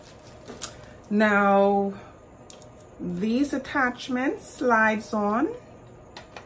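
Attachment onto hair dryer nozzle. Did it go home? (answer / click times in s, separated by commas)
yes / 6.2 s, 6.4 s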